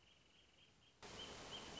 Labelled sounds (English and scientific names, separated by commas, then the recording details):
Wrentit (Chamaea fasciata)
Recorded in Sonoma County, California